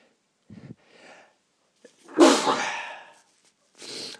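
A sneezing fit in an adult: a sharp, explosive sneeze with short breathy sounds before and after, at the tail end of a cold.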